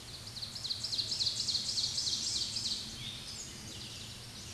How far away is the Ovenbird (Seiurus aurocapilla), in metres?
about 30 m